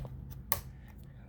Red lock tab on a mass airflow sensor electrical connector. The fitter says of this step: little click sound pull up the red um i guess it's a little lock redlock